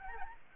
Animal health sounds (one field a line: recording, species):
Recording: mosquito wingbeat signal from an infrared sensor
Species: Aedes albopictus